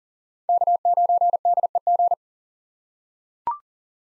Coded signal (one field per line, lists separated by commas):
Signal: Morse code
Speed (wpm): 40 wpm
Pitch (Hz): 700 Hz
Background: none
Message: K9DEG